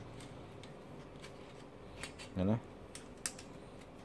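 A bipod leg is being handled on its mount on a CZ 452 rifle, with the release pressed so the leg can be pushed up toward its stowed position. Faint ticks and small handling clicks sit over a low background hum, someone talks briefly around 2.5 seconds, and a sharper tick stands out near 3.3 seconds. The clip ends before the leg goes home, and nothing has seated or clicked into place yet.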